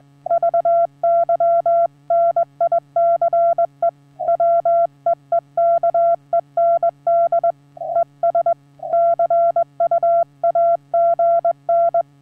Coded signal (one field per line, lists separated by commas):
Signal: Morse code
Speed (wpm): 19 wpm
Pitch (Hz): 680 Hz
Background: none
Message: VY NICE WEEKEND ES CU AGN